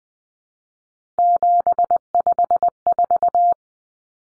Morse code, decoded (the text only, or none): 754